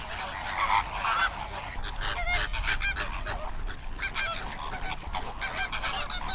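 Flamingo flock calls, a continuous babble of overlapping honks and nasal chatter, with strong low rumbling noise throughout.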